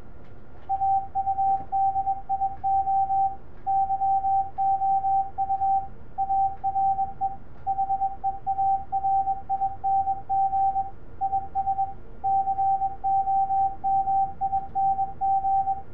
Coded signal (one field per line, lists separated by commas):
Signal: Morse code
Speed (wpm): 22 wpm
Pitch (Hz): 780 Hz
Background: none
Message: AUDIO YOU ARE HEARING IS COMING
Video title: RESONANT CW SPEAKER using 2 external speakers and a PCV RESONANT TUBE ARRAY